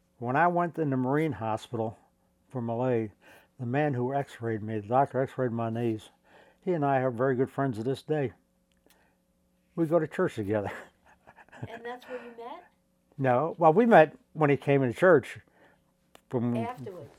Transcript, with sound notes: When I went in the Marine Hospital for my knees, the man who x-rayed me, the doctor who x-rayed my knees, he and I are very good friends to this day. We go to church together. [chuckles]
And that's where you met?
No. Well, we met when he came into church from —
Afterwards.